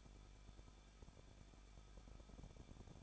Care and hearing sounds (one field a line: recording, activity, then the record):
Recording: daily activity, microphone in the room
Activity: no activity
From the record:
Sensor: 5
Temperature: 20.9 degrees Celsius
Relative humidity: 38.2%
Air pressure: 1006.4 hPa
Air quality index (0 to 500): 187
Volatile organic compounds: 18 ppm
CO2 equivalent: 2632 ppm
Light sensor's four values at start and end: 2/3/1/1 and 2/3/1/1